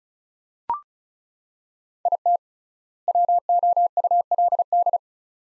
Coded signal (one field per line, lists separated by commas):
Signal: Morse code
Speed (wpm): 36 wpm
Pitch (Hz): 700 Hz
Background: none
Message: IT WOULD